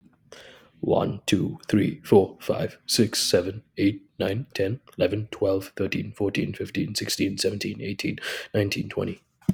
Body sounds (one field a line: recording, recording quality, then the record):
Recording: counting at a fast pace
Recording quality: excellent, no background noise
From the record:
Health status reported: recovered from COVID-19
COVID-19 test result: positive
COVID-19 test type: rapid antigen test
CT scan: not taken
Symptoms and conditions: sore throat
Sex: male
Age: 25 years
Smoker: no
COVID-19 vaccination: both doses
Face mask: not worn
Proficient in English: yes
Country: India